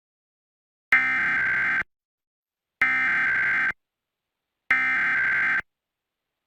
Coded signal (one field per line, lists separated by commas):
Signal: Emergency Alert System (SAME) tones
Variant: header bursts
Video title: EAS Alerts from 1/15-1/19 [EAS #163-181]